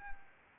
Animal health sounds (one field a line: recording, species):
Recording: mosquito wingbeat signal from an infrared sensor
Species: Anopheles arabiensis